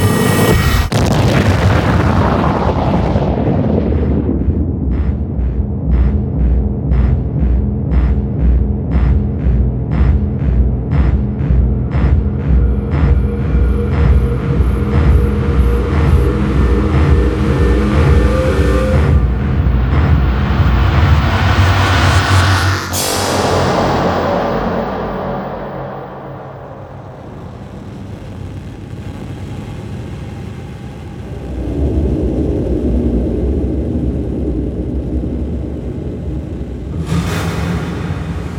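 A futuristic sound-design sequence opens with a bright sweeping whoosh, then settles into a heavy low rumbling drone with rapid regular pulses ticking through it. A sharp impact lands around 23 seconds, the drone thins and wavers, and another bright burst hits near the end.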